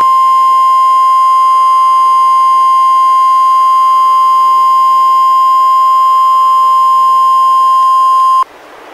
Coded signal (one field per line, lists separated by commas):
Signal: Emergency Alert System (SAME) tones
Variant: 1050 Hz attention tone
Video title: EAS #89: NWR Required Weekly Test- Dec. 2, 2015- 11:01AM PST